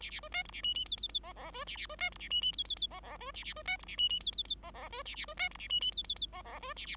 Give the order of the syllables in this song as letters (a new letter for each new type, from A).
A A B C D A E E F F F G G B A A B C D A E E F F F G G B A A B C D A E E F F F G G B A A B C D A E E F F F G G B A A